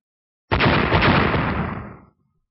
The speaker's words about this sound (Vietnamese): Sau hai tiếng nổ, ngân quang cùng kim ảnh cơ hồ đồng thời đánh tới trên thanh sắc cự liên.